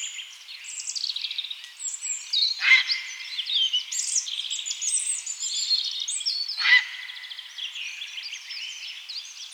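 European robin song: high, thin, varied warbling phrases with quick trills and glides, nearly continuous, broken by two short sharp notes.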